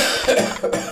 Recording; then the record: coughing mixed with background sound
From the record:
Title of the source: Cough Around the Clock!